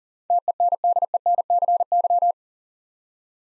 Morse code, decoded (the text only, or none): TENDENCY